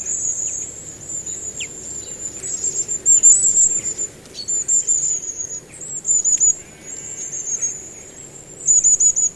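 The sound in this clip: Long-tailed tit giving very high, thin, sibilant calls in drawn-out strings, repeated throughout and louder near the middle and end, over a faint low hiss.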